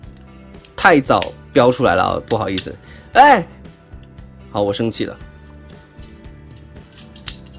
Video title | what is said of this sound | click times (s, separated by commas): 變形金剛分享時間1382集 日版 泰坦回歸 獅王柯博文 獅王擎天柱 TAKARA TRANSFORMERS LEGENDS LG41 LEO PRIME | 把它扣进去啊，这里好好好，超级系机器 | 7.3 s